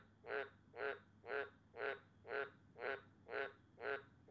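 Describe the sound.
Cane toad giving evenly spaced rasping croaks, roughly two per second, each note brief and pulsed, over a quiet low-pitched background hum.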